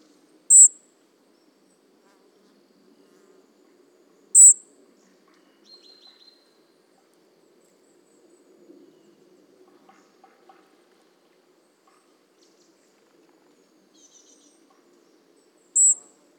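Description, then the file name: European robin calls: three short, very high, thin notes spaced several seconds apart, with faint soft chirps in between. "Erithacus rubecula"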